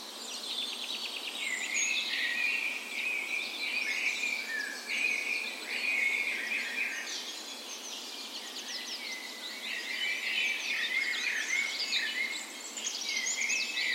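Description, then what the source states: Dense dawn chorus of birds, constant overlapping warbles, trills and rapid chirps from many singers with little break. Spring dawn chorus in a park west in Bergen, Norway, morning of 17 May, National Day; recorded with Sony PCM A10 and LOM Usi microphones as tree ears.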